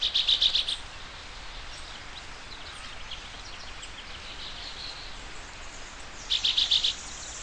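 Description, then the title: Bird song: a quick, high, stuttering phrase of pulsed notes opens, then faint chirps, before the same short phrase returns about six seconds later. "LuckyPassaro Completos2Sama"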